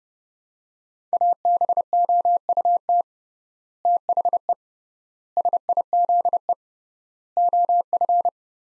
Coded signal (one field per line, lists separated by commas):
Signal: Morse code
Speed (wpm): 30 wpm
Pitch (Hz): 700 Hz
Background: none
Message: ABOUT THE SIZE OF